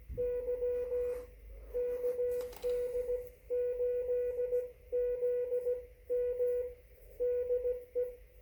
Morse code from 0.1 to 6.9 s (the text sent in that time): Y KD8ZM